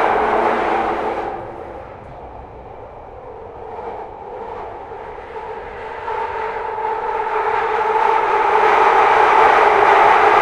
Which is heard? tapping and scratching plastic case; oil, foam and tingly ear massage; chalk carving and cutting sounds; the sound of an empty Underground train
the sound of an empty Underground train